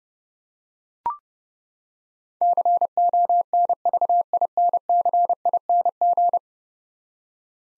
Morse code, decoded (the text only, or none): CONVINCING